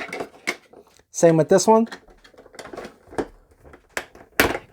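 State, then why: Partly seated. A plastic side piece is pressed onto the body of a DC Multiverse Gold Label '89 Batman Batmobile toy car while someone talks, with small plastic clicks and handling noises around it. A sharp snap at 4.4 s shows the piece snapping in on one side only, while the other side gives no snap.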